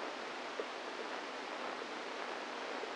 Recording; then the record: brain microelectrode recording played as sound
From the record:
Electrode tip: inside the subthalamic nucleus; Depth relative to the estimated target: 0 mm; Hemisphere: right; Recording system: NeuroSet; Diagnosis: Parkinson's disease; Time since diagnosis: 10 years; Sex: female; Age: 45 years